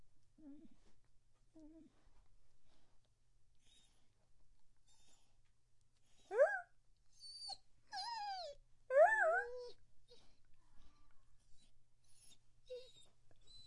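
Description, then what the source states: Dog whimpering: faint short whines early on, then several sharp rising and wavering squeals in quick succession, then quiet. Dog begging.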